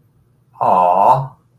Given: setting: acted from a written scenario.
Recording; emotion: vocal sound without words; adoration